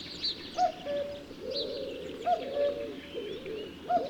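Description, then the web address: Common cuckoo song: three falling cu-coo pairs, regularly spaced, against a steady background of other birds singing. "Spev Vtakov kukucka"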